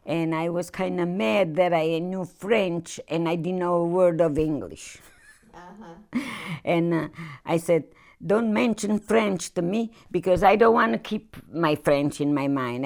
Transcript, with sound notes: and I was kind of mad that I knew French and I didn't know a word of English. ( she laughs ) And I said, "Don't mention French to me, because I don't want to keep my French in my mind.